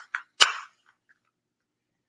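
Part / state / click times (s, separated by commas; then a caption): infuser piece into tea tumbler lid / seated / 0.2 s. An infuser piece is fitted into the lid of a tea tumbler and pops into place with a sharp click at about 0.2 seconds. A louder, fuller knock follows near 0.4 seconds and fades out by 0.7 seconds, then two faint ticks come near 0.9 and 1.1 seconds. The piece ends up seated in the lid, and the rest is silence.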